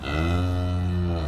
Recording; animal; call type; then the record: contact call of a hoofed animal; cattle; low-frequency (closed-mouth) or high-frequency (open-mouth) call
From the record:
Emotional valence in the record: negative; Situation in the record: full separation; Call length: 1.28 s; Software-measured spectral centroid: 1790 Hz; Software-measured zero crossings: 890 a second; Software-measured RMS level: -24 dBFS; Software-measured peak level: -13 dBFS